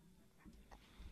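Three faint, low gurgling rumbles in about a second: ordinary stomach growling from hunger in an adult.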